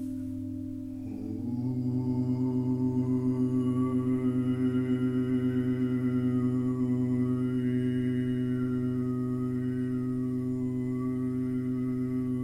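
A singing bowl session: a steady, sustained ringing tone with a deep hum and layered overtones. A second tone joins at about one second, and the sound swells slightly and pulses with a gentle, regular wobble, shimmering up high, through to the end.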